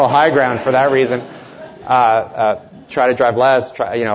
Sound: laughter